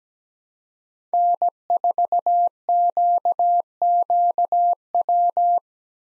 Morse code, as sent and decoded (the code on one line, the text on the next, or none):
-. ....- --.- --.- .--
N4QQW